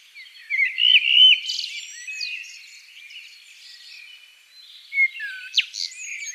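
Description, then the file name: Common blackbird song: a bright fluty phrase with a twittering tail, a quiet pause, then a brief sharp squeaky flourish. "Turdus merula"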